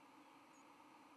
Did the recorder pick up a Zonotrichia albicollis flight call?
no